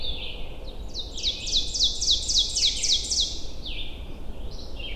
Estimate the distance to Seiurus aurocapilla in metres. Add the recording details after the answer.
about 25 m. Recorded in boreal forest in Alberta, Canada, on 22 June 2016 at 06:54. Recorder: SongMeter 3, array SBT-6-76. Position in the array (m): 163 m, 127 m. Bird 3